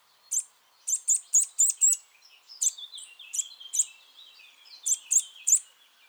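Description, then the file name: Eurasian nuthatch calls: loud, sharp, high notes, singly and in quick groups of up to five, over lower, softer twittering. "Sitta europaea"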